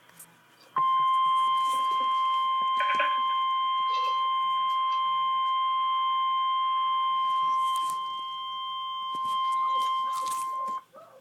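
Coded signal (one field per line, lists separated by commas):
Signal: Emergency Alert System (SAME) tones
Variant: 1050 Hz attention tone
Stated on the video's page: Real severe thunderstorm warning alert.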